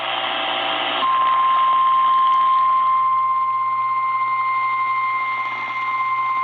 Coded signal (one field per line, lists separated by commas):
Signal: Emergency Alert System (SAME) tones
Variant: 1050 Hz attention tone